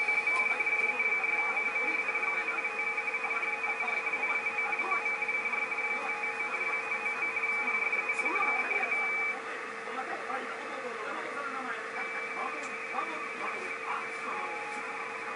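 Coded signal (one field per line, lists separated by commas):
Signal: RTTY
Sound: rapid warbling two-tone teleprinter chatter over hiss, with faint steady narrow tones beneath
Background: radio static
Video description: 7.030ＭｈｚでRTTY(ラジオテレタイプ）とPSK31による国内送信の様子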